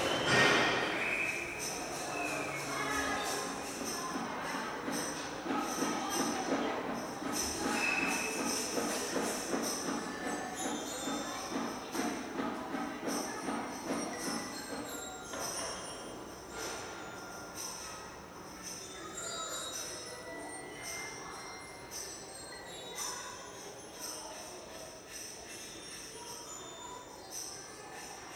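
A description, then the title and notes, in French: Children at a nursery bang and shake musical instruments in a dense, continuous clatter of jingling bells and bright rattles. The din is loudest and busiest over the first fifteen seconds, then thins and settles to a softer, steadier jangle. Les assistantes maternelles ont donné des instruments de musique aux enfants de la crèche qui se trouve juste en bas de chez moi.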